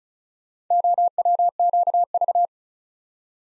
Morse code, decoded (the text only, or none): OWQV